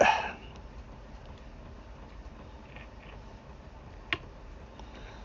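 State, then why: Seated. A small metal contact piece is worked into the recess groove inside a PEQ-style weapon laser/illuminator housing. After quiet handling with faint ticks, it clicks sharply into place at 4.1 s, seated so it rests on the metal to make the connection.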